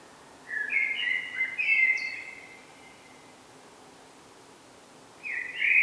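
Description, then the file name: Common blackbird song: a fluted, wavering phrase ending in brief high twitters, a few seconds of quiet hiss, then the start of another phrase. "Turdus merula"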